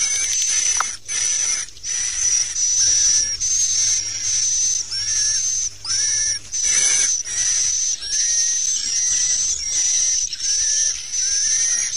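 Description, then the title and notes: Swiftlet calls: high, whistled chirps repeated roughly once a second, each with a hissy edge, over a faint low hum. Used for swiftlet farming in Asia. "Swiflet Bird Sound. Farming Swiflet Bird asia sound"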